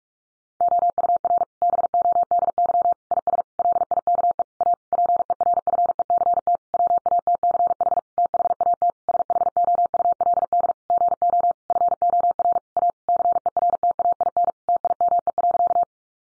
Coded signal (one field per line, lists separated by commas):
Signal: Morse code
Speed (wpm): 44 wpm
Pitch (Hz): 700 Hz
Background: none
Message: OUR BODY IS LIKE A PERFECT WATCH THAT SHOULD GO FOR A CERTAIN TIME.